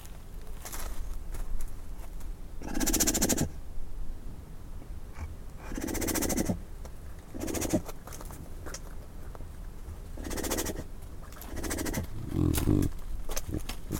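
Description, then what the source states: Snow leopard gives breathy, puffing chuffs in short bursts every few seconds, with faint rustling between them. The call type is a chuffle.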